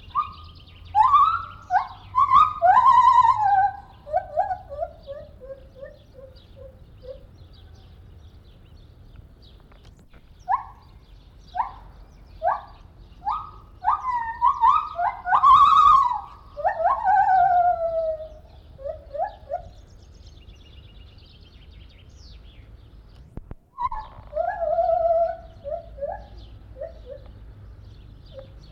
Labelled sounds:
Silvery Javan Gibbon

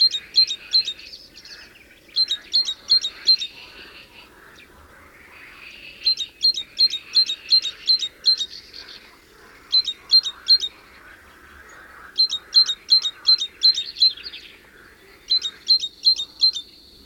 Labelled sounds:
Great Tit song

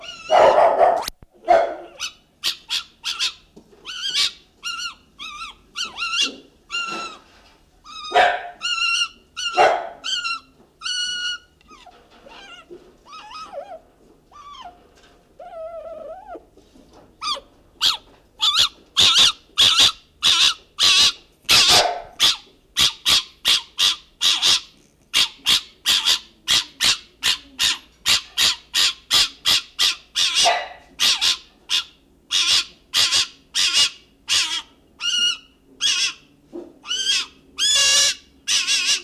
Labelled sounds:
Fennec Fox

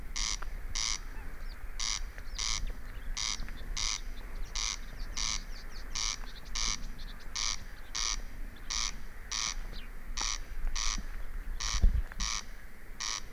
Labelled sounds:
Corn Crake

